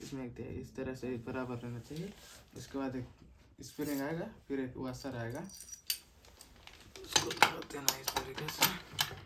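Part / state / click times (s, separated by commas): spring and washer on the gear shaft of a motorcycle engine / not seated / none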